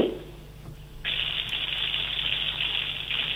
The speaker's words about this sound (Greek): Μπορείτε λίγο να μου βάλετε τη βρύση, να ακούσω λίγο, να δω το μετρητή. Είστε κοντά σε νερό? Είμαι, ναι.